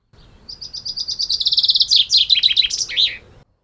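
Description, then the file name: Common chaffinch song: a run of quick, even high notes speeding into a fast rattling trill, ending in a tumbling, descending flourish, with no other clear sounds. "Fringilla coelebs"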